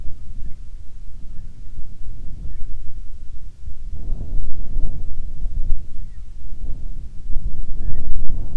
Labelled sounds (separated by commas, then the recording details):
bird, wind
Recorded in the Prudhoe Bay oil fields, Alaska, on 7 August 2019 at 13:55
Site 17